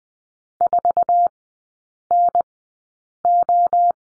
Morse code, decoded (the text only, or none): 4NO